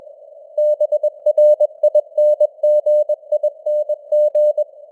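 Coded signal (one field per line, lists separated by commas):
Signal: Morse code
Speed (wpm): 21 wpm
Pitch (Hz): 600 Hz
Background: none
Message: BRINGING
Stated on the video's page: News headlines in Morse at 21 wpm with simulated radio noise and varying signal strength (QSB).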